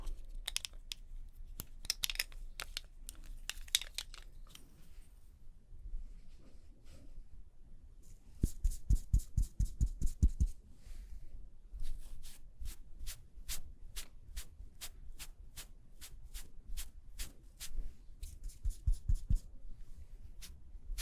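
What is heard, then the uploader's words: Doing makeup: soft rubbing and shuffling, with quick bursts of brushing or tapping in the first five seconds. Around 8 to 10 seconds a rapid run of sharp taps or clicks appears, followed by steady, evenly spaced ticks that continue to the end. Doing Your Makeup ASMR No Talking.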